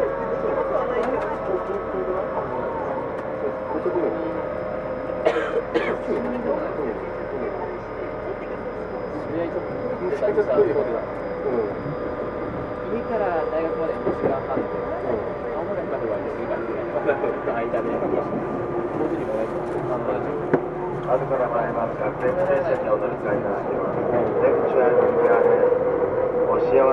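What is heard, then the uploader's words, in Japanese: A Tokyu 2000 series train running between Shibuya and Azamino, with a steady, dense rumble and whining tones that slide up and down in pitch. Voices murmur throughout, sharp clicks and knocks land around 5 and 10 seconds, and the sound swells louder near the end. 東急2000系 渋谷〜あざみ野。急行運用を録音。ステンレス鋼製20m級軽量車体の4扉車である。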